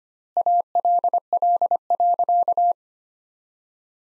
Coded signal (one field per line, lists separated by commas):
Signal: Morse code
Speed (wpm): 25 wpm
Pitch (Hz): 700 Hz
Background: none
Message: ALL.